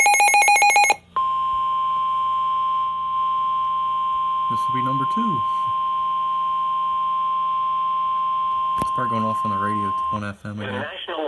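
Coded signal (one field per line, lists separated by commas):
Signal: Emergency Alert System (SAME) tones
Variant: 1050 Hz attention tone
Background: speech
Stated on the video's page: Severe thunderstorm warning relayed via NOAA and an FM radio station at 105.7.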